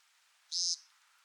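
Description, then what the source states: American Woodcock peent, one brief buzzy nasal note, high-pitched and insect-like, over quiet hiss. Nasal peent call of the male, mostly given on breeding grounds; sounds insect-like from far away.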